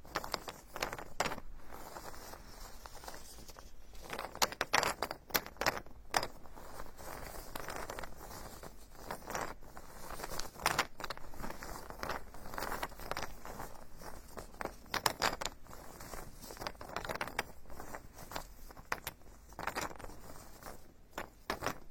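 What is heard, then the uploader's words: An ear-picking spa session: scratchy, rustling scrapes and crackles come in quick irregular bursts throughout, with brighter sharp clicks clustering around five, twelve and fifteen seconds. A soft, steady hiss sits underneath, and the scraping never fully stops. Tree Ear Picking Supreme Spa Ear Massage.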